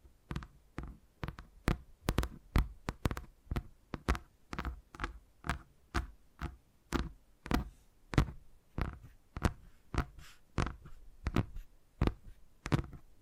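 Crisp tapping sounds in a steady, unhurried rhythm, about two taps per second, sometimes falling in quick pairs. Each tap is sharp and bright with a soft thud underneath. A faint low hum sits beneath the taps throughout.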